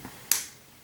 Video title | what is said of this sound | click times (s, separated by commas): Zblex French Reviews : Ecto-1 1/8 Eaglemoss - Episode 2 | c'est clipsé. | 0.3 s